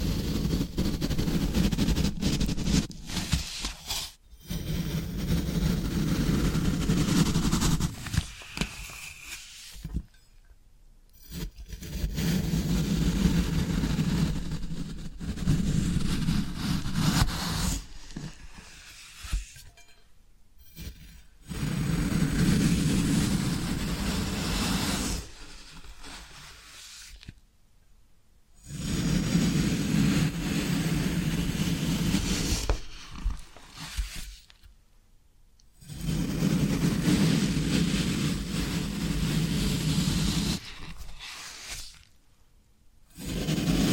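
Floral foam being rubbed and worked, giving a dense, gritty scraping with a low rumbling undertone. The sound comes in sustained bursts of several seconds, broken by short silences at irregular intervals, with the texture and loudness shifting within each pass.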